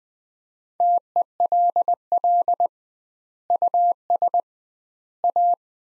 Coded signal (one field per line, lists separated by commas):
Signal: Morse code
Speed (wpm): 20 wpm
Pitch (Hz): 700 Hz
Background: none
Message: TELL US A